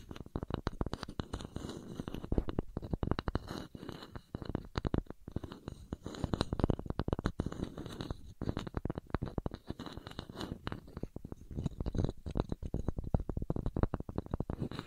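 Burning wood crackles, a dense, irregular stream of sharp snaps and pops that never lets up over the whole stretch. A soft low rumble sits underneath, and a few louder cracks stand out around the middle and near the end.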